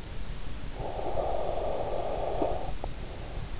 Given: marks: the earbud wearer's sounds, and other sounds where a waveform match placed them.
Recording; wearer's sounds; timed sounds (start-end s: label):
sounds in sleep by an in-ear microphone; breath
0.60-3.01 s: breath